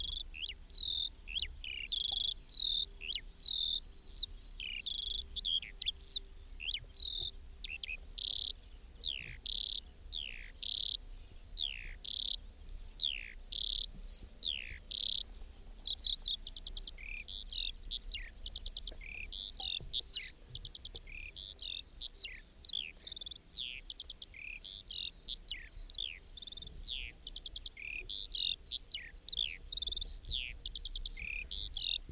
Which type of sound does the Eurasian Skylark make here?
song